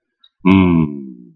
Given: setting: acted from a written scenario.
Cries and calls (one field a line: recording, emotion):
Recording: vocal sound without words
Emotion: serenity